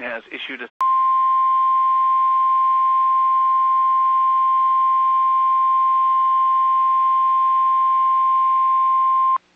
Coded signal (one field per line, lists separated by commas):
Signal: Emergency Alert System (SAME) tones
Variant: 1050 Hz attention tone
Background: speech